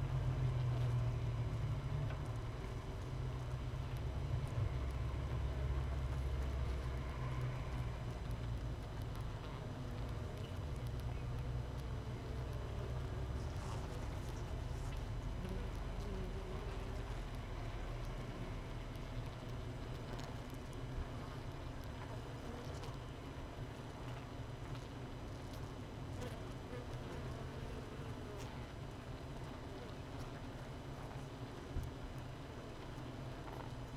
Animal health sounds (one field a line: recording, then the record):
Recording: honeybee colony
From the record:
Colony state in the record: missing queen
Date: 31 May 2018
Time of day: 6:09